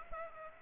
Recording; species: mosquito wingbeat signal from an infrared sensor; Aedes aegypti